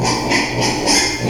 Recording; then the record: squeal of a Yucatan mini pig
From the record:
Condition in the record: before surgery on the right vocal fold (resection and tissue-engineered implant); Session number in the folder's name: 2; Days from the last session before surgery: 0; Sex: male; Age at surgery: 12 weeks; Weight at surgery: 13 kg